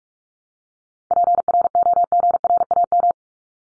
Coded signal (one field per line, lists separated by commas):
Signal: Morse code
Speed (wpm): 44 wpm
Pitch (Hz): 700 Hz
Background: none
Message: PROGRAM